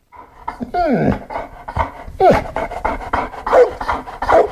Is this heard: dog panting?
yes